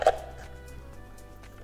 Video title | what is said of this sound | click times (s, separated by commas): I KEEP BUYING LUXURY WATCHES! I’M OUT OF CONTROL! | is it clicked in? Yeah. | 0.0 s, 0.1 s